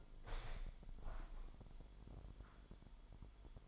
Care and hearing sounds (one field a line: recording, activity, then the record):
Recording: daily activity, microphone in the room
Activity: open window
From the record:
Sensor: 5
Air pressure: 998.6 hPa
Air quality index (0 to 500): 106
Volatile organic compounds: 2 ppm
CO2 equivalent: 1218 ppm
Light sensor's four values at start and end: 42/104/43/49 and 42/104/43/49